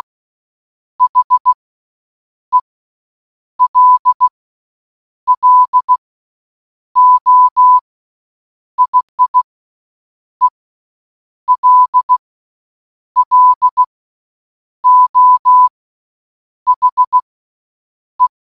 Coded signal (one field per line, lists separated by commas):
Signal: Morse code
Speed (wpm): 16 wpm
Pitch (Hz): 1000 Hz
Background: none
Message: HELLO IIELLO HE